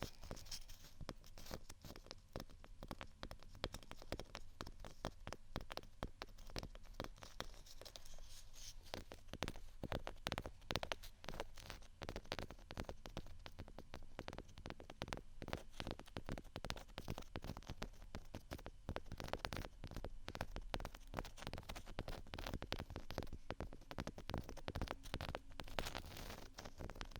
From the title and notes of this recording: ASMR Scratch & Tap On Textured Items & beat （No Talking）.